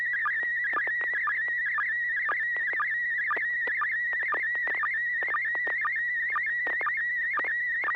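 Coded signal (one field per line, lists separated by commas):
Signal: SSTV (slow-scan television)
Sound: steady warbling high tone with quick regular chirps down in pitch, twice a second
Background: low hum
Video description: Watch and interact with our members as we exchange Slow Scan Television images via amateur radio.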